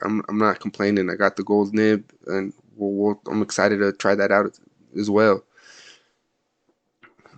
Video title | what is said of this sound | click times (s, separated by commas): LAMY Studio. Unboxing and Opinion. EF vs Fine are they really different? | the cap sits on there pretty nice I like the little clickiness to it | 7.2 s, 7.3 s